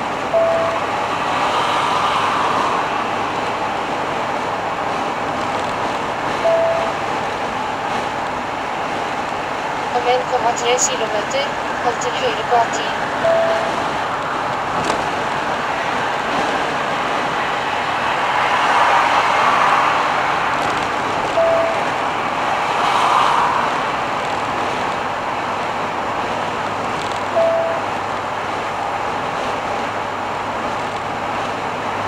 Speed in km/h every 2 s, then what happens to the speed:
90, 91, 91, 91, 89, 89, 89, 89, 88, 90, 90, 91, 91, 91, 91, 91.
0-32 steady at about 90.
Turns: none.